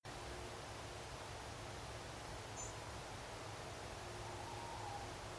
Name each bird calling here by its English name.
Spotted Flycatcher